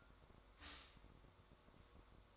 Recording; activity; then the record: daily activity, microphone in the room; stop toaster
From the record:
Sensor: 3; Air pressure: 1004.2 hPa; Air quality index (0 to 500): 200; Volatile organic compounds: 15 ppm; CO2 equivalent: 2506 ppm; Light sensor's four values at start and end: 4/11/4/4 and 4/11/4/4